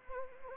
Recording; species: mosquito wingbeat signal from an infrared sensor; Anopheles arabiensis